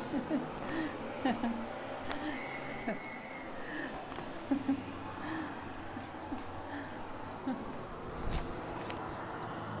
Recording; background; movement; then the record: laughter; traffic; walking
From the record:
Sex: female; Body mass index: 25.5 kg/m2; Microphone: on the chest, facing outward